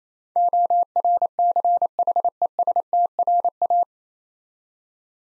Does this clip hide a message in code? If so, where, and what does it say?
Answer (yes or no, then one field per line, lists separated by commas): yes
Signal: Morse code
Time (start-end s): 0.4-3.8 s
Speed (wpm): 28 wpm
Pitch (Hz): 700 Hz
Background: none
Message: ORCHESTRA